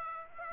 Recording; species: mosquito wingbeat signal from an infrared sensor; Aedes aegypti